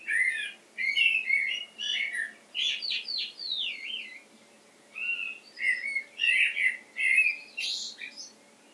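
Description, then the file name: Common blackbird giving bursts of scratchy chatter mixed with short twisting squeaky notes, then a pause and another run of chatter. "Turdus merula"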